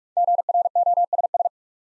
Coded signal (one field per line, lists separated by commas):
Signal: Morse code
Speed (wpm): 44 wpm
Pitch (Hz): 700 Hz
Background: none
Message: GROSS